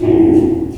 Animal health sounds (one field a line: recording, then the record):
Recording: squeal of a Yucatan mini pig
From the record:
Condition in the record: before surgery on the right vocal fold (resection and tissue-engineered implant)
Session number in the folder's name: 2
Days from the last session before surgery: -15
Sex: female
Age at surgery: 19 weeks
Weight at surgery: 25 kg